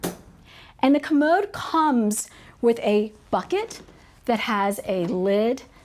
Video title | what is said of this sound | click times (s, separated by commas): Nova® Bariatric Drop-Arm Commode For Sale In Jacksonville, FL | and it just snaps into place | 0.0 s